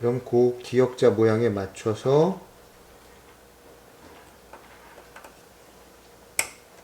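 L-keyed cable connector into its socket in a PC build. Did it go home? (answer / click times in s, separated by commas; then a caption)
yes / 6.4 s. Someone talks for the first two seconds or so while an L-shaped keyed plastic cable connector is lined up with its matching L-shaped socket in a PC build, followed by a quiet stretch with a few faint ticks around 4.5 s and 5.2 s. A sharp, bright click comes at 6.4 s as the connector is pushed in and seats.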